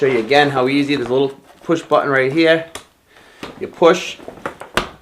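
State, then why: Seated. Someone talks while pressing a small push button and pushing a softbox connector piece onto a light stand. A sharp click is heard at 4.8 seconds as it locks into its tab, and the mount is seated on the stand.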